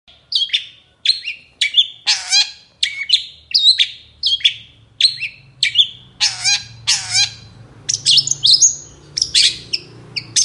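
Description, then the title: Long-tailed shrike song of sharp repeated chirping phrases, some with downward whistled sweeps, delivered in a brisk rhythm with brief gaps between phrases. Morning song with varied 'toet toet' notes, used as a lure to get other long-tailed shrikes singing. "Cendet Gacor Dor Di Kala Pagi Toet Toet Variasi Suara"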